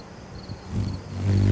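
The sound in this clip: Hummingbird wing hum, a low droning buzz with layered harmonics that grows louder toward the end, over faint background noise and a soft high pulsing tone.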